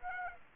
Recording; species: mosquito wingbeat signal from an infrared sensor; Aedes aegypti